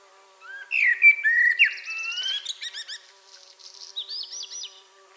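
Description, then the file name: Common blackbird song: low fluted warbling notes rising and falling, then a squeaky high twittering flourish, followed by a fainter second high twitter. "Turdus merula"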